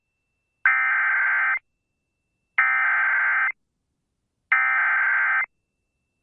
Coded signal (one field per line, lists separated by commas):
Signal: Emergency Alert System (SAME) tones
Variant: header bursts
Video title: Severe Thunderstorm Warning For Jackson, & Clark County WI, [EAS #487]